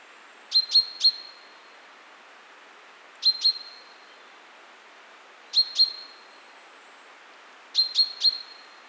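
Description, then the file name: Common chaffinch calling in bright, abrupt high notes grouped in twos and threes, each burst repeated roughly every two to three seconds. "Fringilla coelebs"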